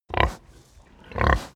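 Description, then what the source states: Pig grunting: two short, rough, low grunts about a second apart, with a soft breathy sound between them. Grunt and breath sounds.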